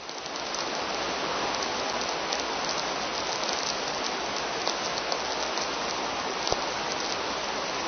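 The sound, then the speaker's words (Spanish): Steady, dense crackling radio static from a storm on Jupiter, a hissing wash like heavy rain with faint pops scattered through it, continuous and unchanging throughout, with no voices. “Es que son interferencias de una tormenta en Júpiter.”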